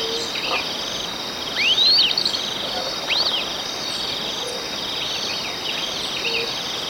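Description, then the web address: Long-tailed tyrant uttering two arching rising whistles about a second apart, partly masked by a dense shrill insect chorus. Recorded in Ecuador. "Birds of Ecuador. Long-tailed Tyrant"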